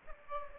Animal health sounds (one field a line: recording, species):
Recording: mosquito wingbeat signal from an infrared sensor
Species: Aedes aegypti